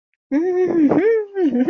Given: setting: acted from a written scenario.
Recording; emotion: vocal sound without words; adoration